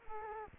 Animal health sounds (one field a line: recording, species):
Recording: mosquito wingbeat signal from an infrared sensor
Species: Culex quinquefasciatus